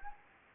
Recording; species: mosquito wingbeat signal from an infrared sensor; Anopheles gambiae